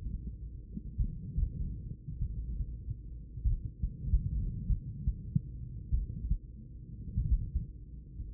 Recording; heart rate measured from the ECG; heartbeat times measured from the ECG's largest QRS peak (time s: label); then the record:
heart sounds by stethoscope; 49 bpm
0.96 s: heartbeat
2.18 s: heartbeat
3.42 s: heartbeat
4.66 s: heartbeat
5.89 s: heartbeat
7.14 s: heartbeat
From the record:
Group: heart failure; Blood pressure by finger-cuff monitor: 95/38 mmHg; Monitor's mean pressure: 62 mmHg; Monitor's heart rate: 49 bpm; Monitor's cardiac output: 4.6 L/min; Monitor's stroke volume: 96 mL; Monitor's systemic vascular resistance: 920 dyn s/cm5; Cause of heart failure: idiopathic cardiomyopathy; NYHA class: 2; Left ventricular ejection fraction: 53%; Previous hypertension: present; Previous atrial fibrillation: present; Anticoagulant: apixaban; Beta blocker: bisoprolol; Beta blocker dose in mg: 2.5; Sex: female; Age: 67 years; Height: 150 cm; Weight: 81 kg